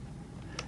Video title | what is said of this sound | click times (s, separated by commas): petMAP+ II Inservice Video | and it simply plugs in just like that when you hear the click you know it's plugged in | 0.6 s